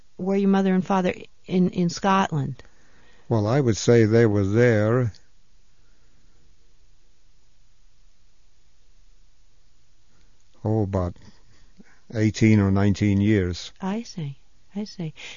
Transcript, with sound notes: were your mother and father in Scotland?
Well, I would say they were there, ( he pauses ) oh, about eighteen or nineteen years.
I see. I see.